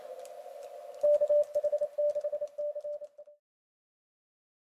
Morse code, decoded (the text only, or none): KH6C